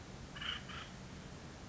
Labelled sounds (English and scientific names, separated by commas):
Acorn Woodpecker (Melanerpes formicivorus)